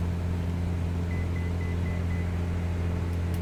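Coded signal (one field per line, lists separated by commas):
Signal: none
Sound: flight sim cockpit beeps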